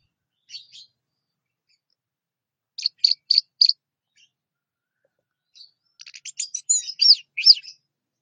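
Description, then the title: Orange-headed thrush song in short bursts: a brief chirp, then four quick evenly spaced notes, then a dense tumbling run of varied high twittering notes. "Anis Merah"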